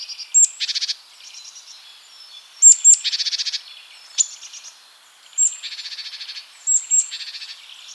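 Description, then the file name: Great tit calls: high thin whistles each followed by a harsh, buzzy stuttering churr, repeated several times in quick succession. "Parus major"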